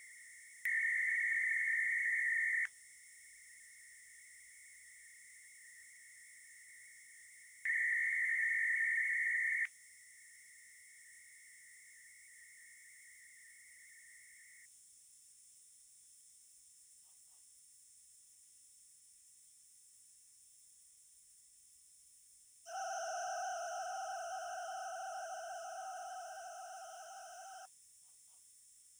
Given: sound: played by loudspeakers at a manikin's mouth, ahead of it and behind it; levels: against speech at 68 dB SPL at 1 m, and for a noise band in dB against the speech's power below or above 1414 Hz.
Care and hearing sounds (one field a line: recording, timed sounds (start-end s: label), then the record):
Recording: test signals for a remote microphone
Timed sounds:
0.00-0.65 s: noise band at 2000 Hz, -13 dB
0.65-2.65 s: noise band at 2000 Hz, +22 dB
2.65-7.65 s: noise band at 2000 Hz, -13 dB
7.65-9.65 s: noise band at 2000 Hz, +22 dB
9.65-14.65 s: noise band at 2000 Hz, -13 dB
22.65-27.65 s: four noise bands (707, 1414, 2828 and 5656 Hz), 50 dB SPL
From the record:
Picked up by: remote microphone B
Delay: 24 ms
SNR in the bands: 34 dB at 707 Hz, 26 dB at 1414 Hz, 20 dB at 2828 Hz, 21 dB at 5656 Hz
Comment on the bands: gain adaptation more progressive through entire signal